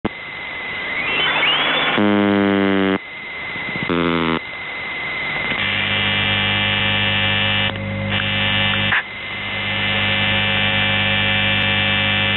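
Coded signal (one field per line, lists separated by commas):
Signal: numbers station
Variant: UVB-76 (The Buzzer)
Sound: hissy radio noise with whistles, then harsh low buzzes, about three buzz stretches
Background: radio static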